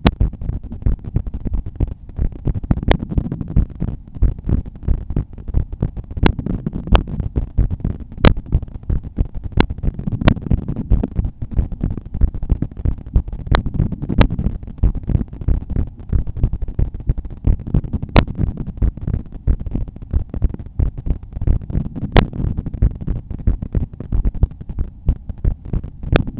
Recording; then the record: heart sounds by stethoscope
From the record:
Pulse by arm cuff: 89 bpm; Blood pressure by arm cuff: 130/79 mmHg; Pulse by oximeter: 90 bpm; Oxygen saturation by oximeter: 96%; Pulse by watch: 90 bpm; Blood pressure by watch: 114/76 mmHg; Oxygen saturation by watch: 96%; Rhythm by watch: sinus rhythm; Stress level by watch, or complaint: low stress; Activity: after 5 min smoking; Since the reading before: plus 2700 steps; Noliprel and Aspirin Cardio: after pills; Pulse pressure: 51 mmHg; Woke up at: 6:50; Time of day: 20:10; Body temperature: 36.9 C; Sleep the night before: 8 h 16 min, score 66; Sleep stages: REM 20%, light 64%, deep 6%, awake 10%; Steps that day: 6850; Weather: rain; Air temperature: 18.3 C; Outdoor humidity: 89%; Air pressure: 1009 hPa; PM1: 1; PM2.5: 2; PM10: 2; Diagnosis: hypertension, treated with Noliprel and Aspirin Cardio 100 mg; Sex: male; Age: 53 years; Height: 174 cm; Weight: 81 kg